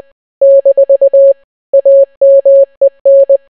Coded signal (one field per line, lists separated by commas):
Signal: Morse code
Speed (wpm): 20 wpm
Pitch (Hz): 550 Hz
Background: none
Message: - AMEN